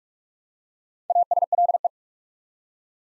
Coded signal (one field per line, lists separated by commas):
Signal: Morse code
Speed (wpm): 44 wpm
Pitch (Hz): 700 Hz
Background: none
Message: ASLE